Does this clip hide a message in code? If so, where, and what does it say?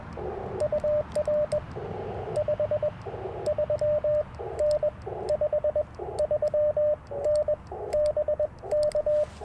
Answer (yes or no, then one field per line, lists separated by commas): yes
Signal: Morse code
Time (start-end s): 0.6-9.2 s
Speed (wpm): 20 wpm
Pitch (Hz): 590 Hz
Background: radio noise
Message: UR 53N 53N BK